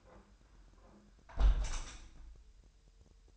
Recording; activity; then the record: daily activity, microphone in the room; close window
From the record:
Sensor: 2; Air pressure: 999.8 hPa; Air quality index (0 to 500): 226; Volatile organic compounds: 55 ppm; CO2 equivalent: 3365 ppm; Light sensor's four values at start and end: 8/19/8/8 and 8/19/8/8